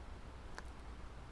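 A coffee capsule is pushed into the plastic capsule holder of a BREVOY portable espresso maker until the prongs in the bottom pierce it. A single sharp, brief click sounds at 0.6 s over a low steady background hum. The prongs have entered the capsule and it is firmly seated.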